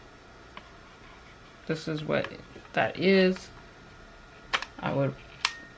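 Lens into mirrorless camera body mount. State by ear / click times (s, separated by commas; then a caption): seated / 5.4 s. Someone talks while gently fitting what appears to be the kit lens onto the body mount of a Canon EOS M50 mirrorless camera during an unboxing. The lens clicks onto the mount at 5.5 s and is seated.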